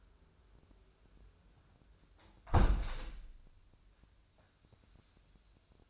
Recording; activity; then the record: daily activity, microphone in the room; close window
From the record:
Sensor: 2